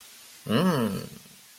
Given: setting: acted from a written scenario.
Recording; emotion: vocal sound without words; romantic love